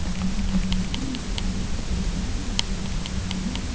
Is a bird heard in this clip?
no